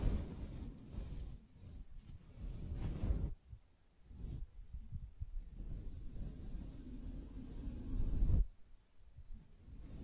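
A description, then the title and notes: Soft, low brushing strokes sweep in uneven waves, with brief thuds near three and eight seconds followed by short quiet pauses. ASMR Gently Brushing Your Brain (No Talking).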